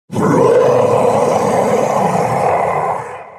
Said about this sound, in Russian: От боли и ярости взревел бог-дракон, прерывая связь со своим фантомным или еще каким-то там телом в мире снаружи.